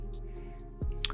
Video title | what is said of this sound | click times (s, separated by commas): Experiencing Water-based Fragrances - Unboxing 4 Naseem Fragrances | wooden cap this one's a plastic one not too heavy but it nicely locks into place | 1.0 s